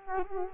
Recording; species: mosquito wingbeat signal from an infrared sensor; Culex quinquefasciatus